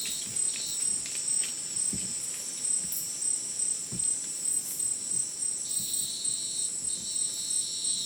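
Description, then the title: Cricket chorus of shrill, sustained trills and quick pulsing chirps, with scattered soft low taps and rustles. Dense insect chorus likened to a polyrhythmic electronic concert, after sunset in dense rainforest, Madidi National Park, Ucumari, Bolivia; very high insect density; AT BP4029 microphone, MixPre 6 recorder. "Madidi National Park, Ucumari, Bolivia - Supersonic Crickets in the rainforest"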